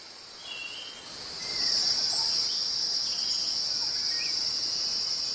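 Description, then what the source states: Cicada song, a steady high shrill buzz that swells after the first second and holds continuously. Males singing in courtship season when warm sunshine returns; sound made by vibrating tymbal membranes on the abdomen, shrill to human ears; calling to find a mate among billions of insects.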